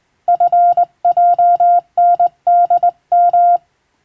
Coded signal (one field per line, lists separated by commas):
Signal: Morse code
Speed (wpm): 20 wpm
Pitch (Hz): 700 Hz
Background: music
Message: FJNDM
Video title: 懐かしいモールス通信、昭和はラジオでよく聞こえました。船と陸との唯一の通信手段、大変貴重で重要な無線通信でした。アマチュア無線、ハムの受信トレーニングにどうぞ morse code practice